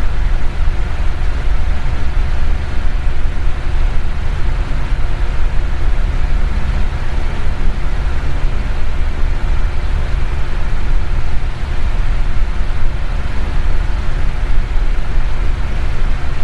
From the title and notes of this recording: Fan Sound Effect. Fan white noise.